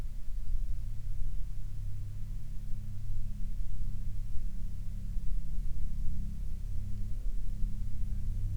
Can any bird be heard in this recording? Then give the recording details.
no. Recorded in the Prudhoe Bay oil fields, Alaska, on 20 June 2019 at 11:52. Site 13